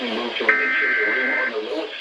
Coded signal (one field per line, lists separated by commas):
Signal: Emergency Alert System (SAME) tones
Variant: header bursts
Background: speech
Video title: SVR FOR LAKE - Severe Thunderstorm Warning on KIH63 and WPOZ (EAS #167-168)